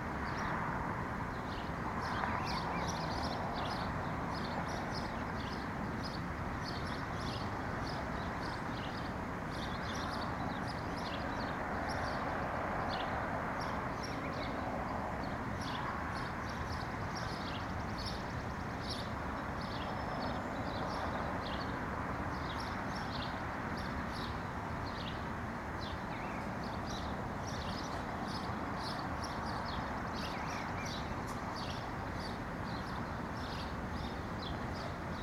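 Neighborhood sounds with a steady low rumble of traffic throughout. Many quick, bright bird chirps repeat densely across the whole clip, high above the constant background. The level stays even from start to finish, with no sudden events.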